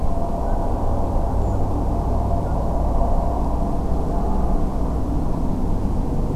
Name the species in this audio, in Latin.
Melanitta nigra, Turdus iliacus